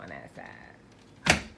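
A Yoolax motorized blackout roller blind end is pushed into its plastic mounting bracket while someone talks. One sharp snap is heard at 1.3 s as the blind locks into the bracket, and it is now seated.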